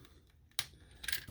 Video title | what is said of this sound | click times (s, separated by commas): Patriot Prime Reviews Siege / Earthrise Astrotrain | get that down locked | 0.6 s